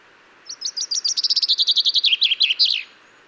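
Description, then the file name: Common chaffinch delivering one song: spaced high chips that quicken into a dense trill, slide lower, then finish with a loud twisting end note. "Fringilla coelebs"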